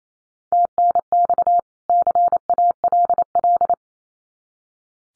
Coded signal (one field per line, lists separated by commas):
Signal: Morse code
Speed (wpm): 28 wpm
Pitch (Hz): 700 Hz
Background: none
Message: TNX CALL